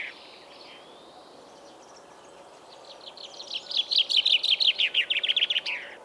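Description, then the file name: Common chaffinch song: after quiet faint notes, a quick run of bright chirping notes lasts about two seconds before stopping. "Fringilla coelebs"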